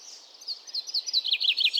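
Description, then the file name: Common chaffinch song fragment: a quick string of high, down-slurred notes growing louder over under two seconds. "Fringilla coelebs"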